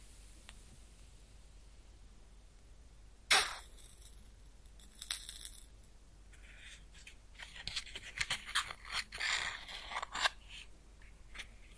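A match is struck with a sharp scrape just after three seconds, followed by a few brief rasping bursts near five seconds. From about six and a half seconds on, the flame crackles and sizzles in dense, bright, uneven pops that continue to the end.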